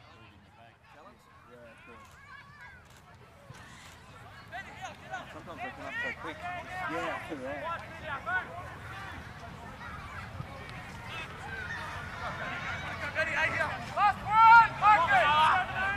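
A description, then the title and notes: Crowd and player voices at a rugby league match, starting quiet and building into dense, overlapping chatter and shouting. Around the fourteenth second a few louder, sharper calls cut through. A low, steady rumble of ambient noise runs underneath throughout. Bishop Park - Queensland Rugby League (field recording). Composite field recording taken at the Queensland Rugby League match between the Norths Devils and the Souths Logan Magpies. The match was played at the Norths Devils home ground at Bishop Park, Nundah (Brisbane), Queensland, Australia.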